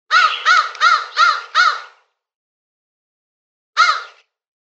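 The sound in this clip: Crow giving a run of five hoarse caws, then a pause and a single caw.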